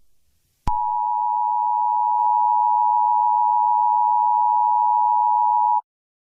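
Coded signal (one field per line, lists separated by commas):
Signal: Emergency Alert System (SAME) tones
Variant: 853 and 960 Hz attention tone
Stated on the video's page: Fictional EAS scenario with simulated alarm tones.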